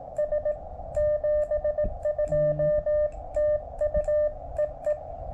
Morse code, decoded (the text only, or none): S 72 TU EE